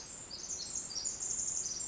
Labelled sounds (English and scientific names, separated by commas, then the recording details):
Pacific Wren (Troglodytes pacificus)
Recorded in Sonoma County, California